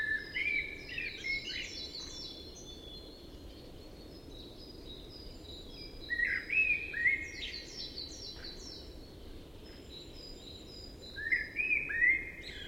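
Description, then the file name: Common blackbird delivering repeated fluty, warbling phrases with short twittery ends, spaced a few seconds apart, with faint high chirps in between. "Turdus merula"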